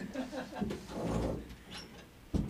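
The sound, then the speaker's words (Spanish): A door is pushed shut: a low, rumbling shuffle of movement builds, then ends in a short, sharp knock as it latches. Faint voice-like sounds come just before. “Para que cierro la puerta”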